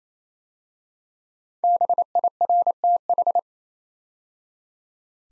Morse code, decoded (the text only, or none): BIRTH